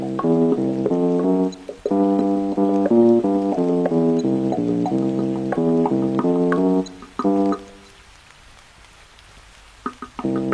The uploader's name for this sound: Music w/ Rain Sounds